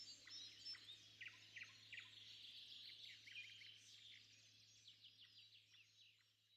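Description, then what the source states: Birds twittering softly with scattered short chirps and thin high notes, fading slightly toward the end, a low steady hum beneath. At sunrise.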